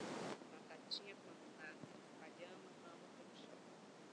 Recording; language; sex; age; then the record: short text; Brazilian Portuguese; female; 50 to 59 years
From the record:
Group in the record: control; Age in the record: 58 years